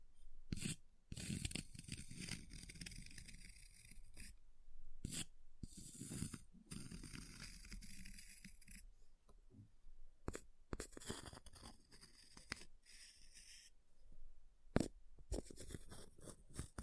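Ice is scratched and carved in uneven bursts of gritty scraping, broken by short silences and a few sharp taps, bright hiss above rough low rumble.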